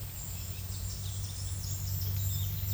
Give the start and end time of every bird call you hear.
0.55s-2.73s: bird call

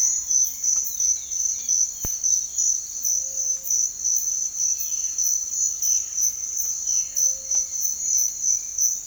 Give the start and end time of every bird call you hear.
3.10s-3.73s: bird call
4.78s-7.65s: bird call

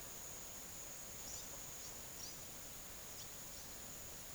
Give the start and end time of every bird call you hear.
1.28s-3.34s: bird call

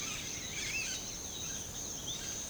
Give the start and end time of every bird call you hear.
0.00s-2.49s: bird call

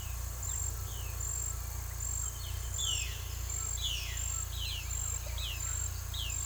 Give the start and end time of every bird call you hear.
0.00s-1.18s: bird call
2.51s-6.46s: bird call

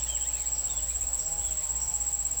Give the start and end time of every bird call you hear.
0.00s-1.65s: bird call

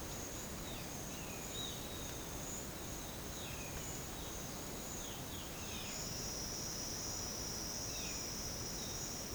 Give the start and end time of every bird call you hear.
0.58s-1.82s: bird call
3.25s-3.73s: bird call
4.92s-6.00s: bird call
7.89s-8.24s: bird call
8.80s-9.34s: bird call

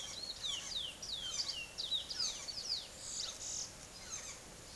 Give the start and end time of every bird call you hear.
0.00s-4.39s: bird call

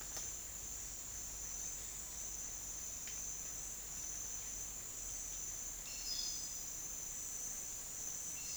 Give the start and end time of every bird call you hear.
5.76s-6.67s: bird call

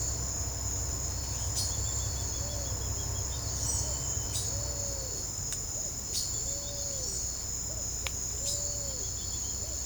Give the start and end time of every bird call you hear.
1.66s-3.49s: bird call
4.42s-5.15s: bird call
6.18s-7.08s: bird call
8.32s-9.58s: bird call

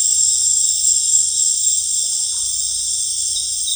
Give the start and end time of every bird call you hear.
1.95s-2.54s: bird call

